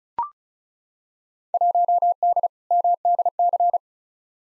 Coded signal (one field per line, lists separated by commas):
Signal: Morse code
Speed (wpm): 34 wpm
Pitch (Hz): 700 Hz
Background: none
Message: 1D MDC